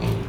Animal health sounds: contact call of a hoofed animal; pig; closed-mouth grunt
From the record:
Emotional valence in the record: positive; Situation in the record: food and toys in familiar pen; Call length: 0.29 s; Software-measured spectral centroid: 2420 Hz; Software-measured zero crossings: 910 a second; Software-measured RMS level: -24 dBFS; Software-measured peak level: -13 dBFS

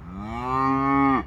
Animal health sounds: contact call of a hoofed animal; cattle; low-frequency (closed-mouth) or high-frequency (open-mouth) call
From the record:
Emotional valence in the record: negative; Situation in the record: full separation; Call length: 1.27 s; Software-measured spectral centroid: 1230 Hz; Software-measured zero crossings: 1370 a second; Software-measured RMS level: -23 dBFS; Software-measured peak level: -10 dBFS

